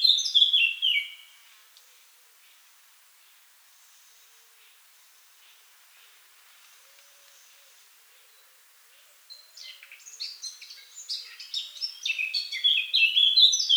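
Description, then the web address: Eurasian blackcap gives a brief warbled phrase, then after a long pause, a rapid, dense stream of chattering notes that grows louder. "SETE Sylvia atricapilla"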